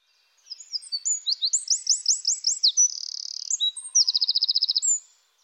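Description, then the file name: Eurasian wren song, a vigorous high-pitched burst of quick sliding notes, a buzzy trill and a final rapid rattle, lasting about four and a half seconds. "troglodyte"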